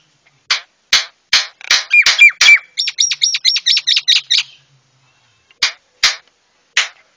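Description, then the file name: Javan myna song: sharp harsh clicks, a rapid train of buzzy whistled notes, then a silent pause and a few more harsh clicks. White-eyed myna (jalak kebo mata putih), used to train cage birds. "masteran jalak kebo mata putih"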